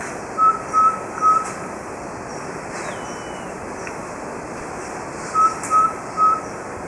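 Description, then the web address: Subtropical pygmy-owl calls: a series of three clear, even whistled notes, a pause of several seconds, then another identical trio, against constant hiss. Recorded in Ecuador. "S America Birds of Ecuador. Subtropical Pygmy-Owl"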